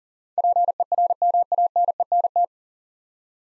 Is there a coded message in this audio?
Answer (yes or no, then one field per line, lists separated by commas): yes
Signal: Morse code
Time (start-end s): 0.4-2.5 s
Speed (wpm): 41 wpm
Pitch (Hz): 700 Hz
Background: none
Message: PERMANENT